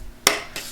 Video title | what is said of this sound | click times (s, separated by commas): Parkflyers R/C Cessna 182 Pro Assembly and Setup | hear a little click and then it's locked in | 0.3 s